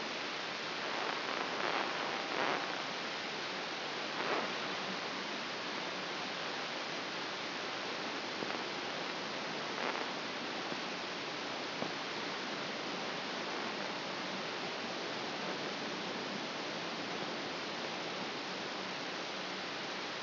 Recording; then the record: brain microelectrode recording played as sound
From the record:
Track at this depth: outside the subthalamic nucleus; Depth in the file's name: 7.306 mm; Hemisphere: left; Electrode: 3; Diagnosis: Parkinson's disease